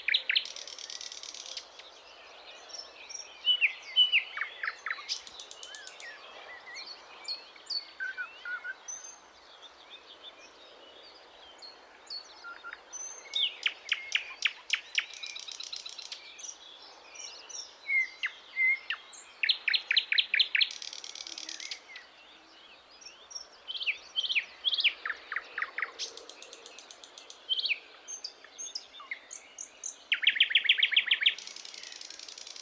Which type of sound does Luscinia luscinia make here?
song